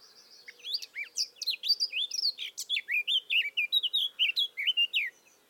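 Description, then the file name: Eurasian blackcap song: a lively, scratchy warble of quick notes that turns into clearer slurred whistles. "Sylvia atricapilla"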